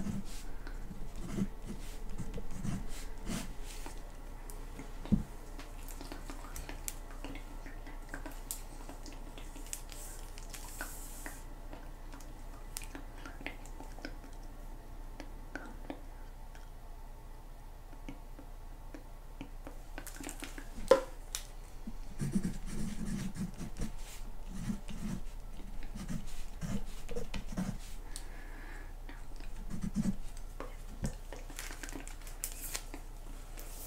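Very faint whispering sits under a quiet, steady low hum, broken by scattered soft scratches and small squishy taps. A sharp click lands near 5 seconds and a louder one near 21 seconds, and handling noises grow busier from about 22 to 30 seconds.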